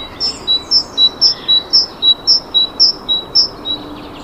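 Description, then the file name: Great tit singing a fast two-note phrase, high then lower, repeated about twice per second in a steady seesaw rhythm over faint background hiss. "Parus major"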